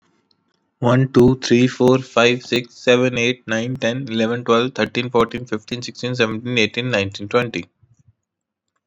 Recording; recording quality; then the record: counting at a fast pace; excellent, no background noise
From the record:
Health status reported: COVID-19 positive, moderate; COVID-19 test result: positive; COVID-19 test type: RT-PCR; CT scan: not taken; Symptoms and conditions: cough, cold, sore throat, fatigue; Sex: male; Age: 26 years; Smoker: no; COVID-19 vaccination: both doses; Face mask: not worn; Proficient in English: yes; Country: India